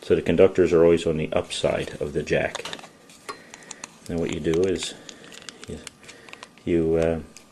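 Someone talks while handling a terminated RJ45 keystone jack just before pushing it into the back of a plastic wall face plate. A few faint, brief ticks of handling are heard between speech. The jack has not seated or clicked in yet.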